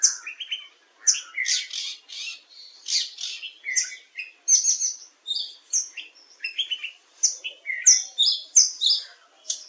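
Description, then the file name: Oriental magpie-robin song: a rich, varied run of clear whistles and sweet chirps, phrases jumping between high and mid pitch with short pauses, continuing throughout. "Copsychus saularis"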